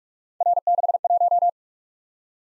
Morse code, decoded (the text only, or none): R61